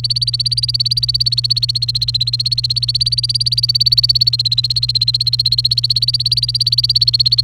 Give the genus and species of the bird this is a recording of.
Serinus canaria